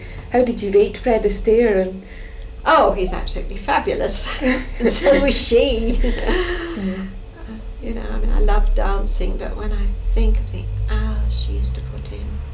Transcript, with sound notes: How did you rate Fred Astaire?
Oh! He's absolutely fabulous! [laughs] You know, I mean, I love dancing but when I think of the hours she used to put in.